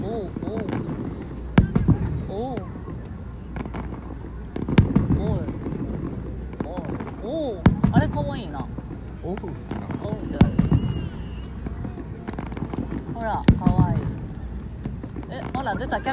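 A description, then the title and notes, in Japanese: Fireworks go off over the murmur of a crowd. Sharp bangs come roughly every three seconds, some followed by short crackling, while many voices chatter continuously underneath. A low steady rumble runs through the whole stretch. 花火大会。花火の音とみんなのざわざわ音。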